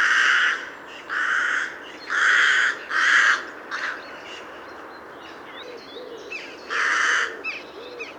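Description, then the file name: Carrion crow calling a series of four rasping caws about a second apart, then a shorter one, a pause with faint chirps from other birds, and a final caw. "Corvus corone"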